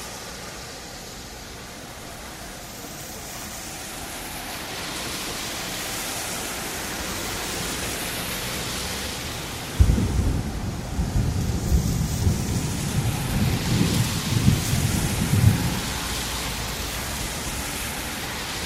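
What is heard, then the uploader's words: Steady rain hisses throughout, a dense even wash that swells slightly after the first few seconds. Near the ten-second mark a deep rumble breaks in, like thunder or a heavy passing car, rolling for about six seconds before fading back to the rain. Soothing Sounds of Cars Passing By in the Rain. The calming ambience of rain, thunder, and the gentle hum of passing cars. As the cars pass by, their muffled sounds blend harmoniously with the rainfall.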